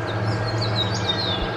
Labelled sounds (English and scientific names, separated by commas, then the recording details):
House Finch (Haemorhous mexicanus) song
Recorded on Long Island, New York, on 22 June 2011
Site IT
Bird A